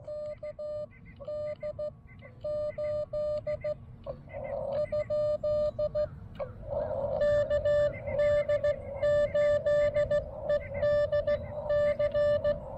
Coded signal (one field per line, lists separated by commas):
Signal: Morse code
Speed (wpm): 14 wpm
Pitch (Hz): 590 Hz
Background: music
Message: KD 8 ? KD8EDC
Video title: Join Brooks on his First CW POTA Activation!